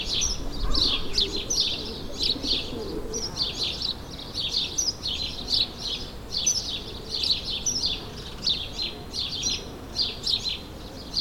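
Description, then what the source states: Several sparrows chatter in a busy, continuous stream of overlapping chirps, with a soft low rumble at the start. Several sparrows in a suburban setting, ambient sound, May 2022.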